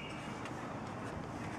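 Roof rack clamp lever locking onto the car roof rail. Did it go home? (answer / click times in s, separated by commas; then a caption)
no / none. A fully tightened clamp lever on a bike and roof rack mounted to the roof rail of a 2005 Volvo V70 is being handled just before it is closed. Only steady, even broadband noise is heard, with no sharp hits. Nothing has seated or snapped shut yet.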